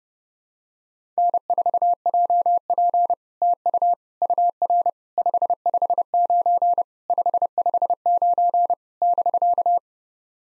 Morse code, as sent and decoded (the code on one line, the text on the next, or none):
-. ....- .--- .--. / - ..- / ..- .-. / ..... ..... ----. / ..... ..... ----. / -...-.-
N4JP TU UR 559 559 <BK>